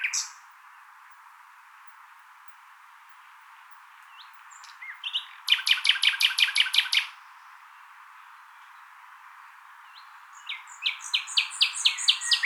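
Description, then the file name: Common nightingale song: a few scattered chips, then a loud burst of rapid, repeated percussive notes, a pause, and a second series of bright repeated notes near the end. "Luscinia megarhynchos"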